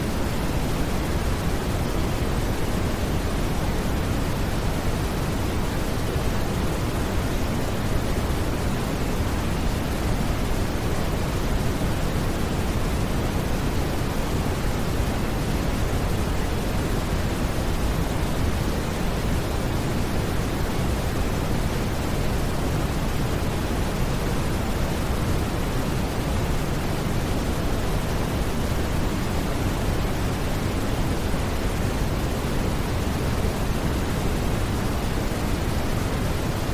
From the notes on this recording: soothing ambient white noise and background sounds